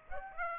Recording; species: mosquito wingbeat signal from an infrared sensor; Aedes aegypti